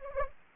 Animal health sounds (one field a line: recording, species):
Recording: mosquito wingbeat signal from an infrared sensor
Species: Anopheles gambiae